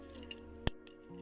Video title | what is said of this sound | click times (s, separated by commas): transformers earthspark warrior class optimus prime review #hasbro #toys #transformers | there you go you heard that snap I don't think that's going to last many transformation | 0.7 s